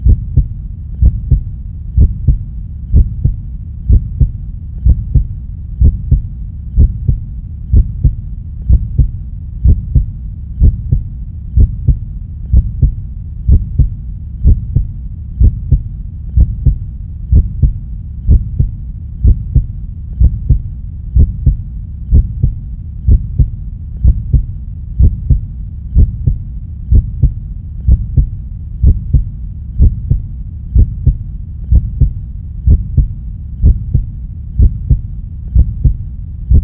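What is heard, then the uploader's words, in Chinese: A heartbeat thumps steadily for the whole recording, each beat a soft, low, muffled double thud. The pulse is even and regular at roughly eighty beats a minute, dull, with nothing bright above it and a faint low hush between beats. 最荐白噪音 - 心跳。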